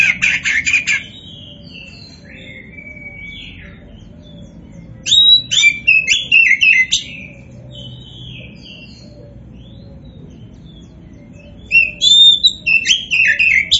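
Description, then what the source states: Oriental magpie-robin song: loud bursts of rapid, varied whistles and harsh chatter, with long quieter gaps holding soft thin whistles. Indonesian 'kacer poci' variety of the bird; 'gacor' describes its vigorous, nonstop singing.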